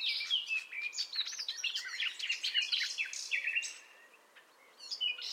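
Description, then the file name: Common nightingale: songbird pouring out a continuous jumble of varied whistled and chattering notes over a soft background hiss, tailing off before a last short phrase. "Luscinia megarhynchos"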